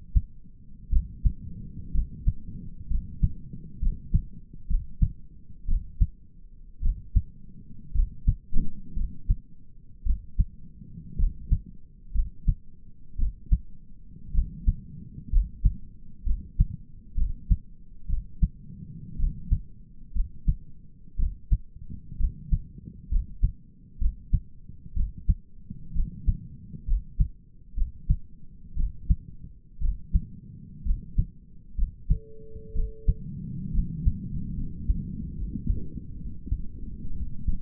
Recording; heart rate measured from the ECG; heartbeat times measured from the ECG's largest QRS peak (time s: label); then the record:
heart sounds by stethoscope; 61 bpm
0.92 s: heartbeat
1.94 s: heartbeat
2.90 s: heartbeat
3.82 s: heartbeat
4.70 s: heartbeat
5.68 s: heartbeat
6.83 s: heartbeat
7.95 s: heartbeat
8.96 s: heartbeat
10.06 s: heartbeat
11.19 s: heartbeat
12.14 s: heartbeat
13.18 s: heartbeat
14.34 s: heartbeat
15.32 s: heartbeat
16.26 s: heartbeat
17.17 s: heartbeat
18.09 s: heartbeat
19.19 s: heartbeat
20.15 s: heartbeat
21.19 s: heartbeat
22.19 s: heartbeat
23.11 s: heartbeat
24.01 s: heartbeat
24.96 s: heartbeat
25.95 s: heartbeat
26.88 s: heartbeat
27.77 s: heartbeat
28.77 s: heartbeat
29.82 s: heartbeat
30.86 s: heartbeat
31.78 s: heartbeat
32.75 s: heartbeat
33.74 s: heartbeat
34.57 s: heartbeat
35.37 s: heartbeat
36.19 s: heartbeat
37.15 s: heartbeat
From the record:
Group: healthy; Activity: rest 0-35 s, breath hold 35-38 s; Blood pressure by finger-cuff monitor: 102/63 mmHg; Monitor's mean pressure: 77 mmHg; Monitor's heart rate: 61 bpm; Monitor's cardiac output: 5.7 L/min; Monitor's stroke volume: 93 mL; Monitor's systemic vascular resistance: 1000 dyn s/cm5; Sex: male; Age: 22 years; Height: 181 cm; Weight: 79 kg